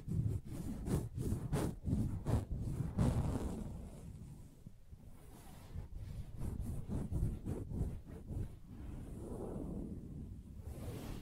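Soft tapping and scratching on a fabric surface, busy dull rubbing strokes with sharper taps early, easing into quieter, steadier scraping later.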